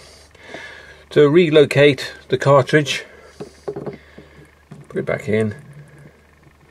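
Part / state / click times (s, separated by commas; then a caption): tap cartridge into motorhome tap body / not seated / none. Someone talks while a replacement tap cartridge is handled and put back into a motorhome tap body, with a few brief, light knocks around 3.4–3.9 s. The cartridge is meant to be turned until its two dowels drop into the locating holes at the bottom of the tap, but nothing has seated or clicked yet.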